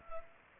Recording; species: mosquito wingbeat signal from an infrared sensor; Culex pipiens